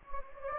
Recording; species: mosquito wingbeat signal from an infrared sensor; Anopheles gambiae